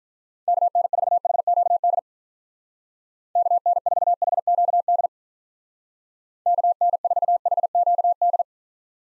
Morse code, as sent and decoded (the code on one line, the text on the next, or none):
-.- -. ....- .... --.- -.. / -.- -. ....- .... --.- -.. / -.- -. ....- .... --.- -..
KN4HQD KN4HQD KN4HQD